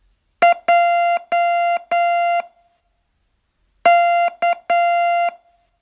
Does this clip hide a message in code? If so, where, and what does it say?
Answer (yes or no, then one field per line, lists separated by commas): yes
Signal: Morse code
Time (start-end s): 0.4-5.3 s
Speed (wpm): 9 wpm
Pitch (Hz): 690 Hz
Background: music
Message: J K